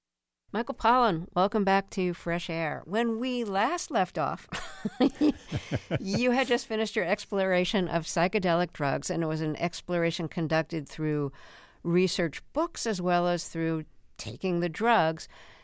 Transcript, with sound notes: Michael Pollan, welcome back to FRESH AIR. When we last left off...
(LAUGHTER)
...You had just finished your exploration of psychedelic drugs, and it was an exploration conducted through research books as well as through taking the drugs.